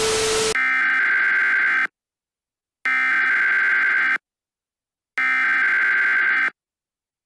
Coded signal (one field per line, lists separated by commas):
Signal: Emergency Alert System (SAME) tones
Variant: header bursts